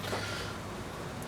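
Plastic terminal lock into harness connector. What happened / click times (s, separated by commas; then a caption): The plastic lock did not seat in the connector / none. A plastic terminal lock from a plug-and-play fog light kit for 2003–06 GMT-800 Silverado, Sierra, Tahoe, Suburban and Yukon trucks is tried in reverse in its harness connector; because it is keyed only one way, it goes in only so far and won't go. Only steady, low background noise with faint rustling is heard, with no sharp sound, and nothing has seated or clicked.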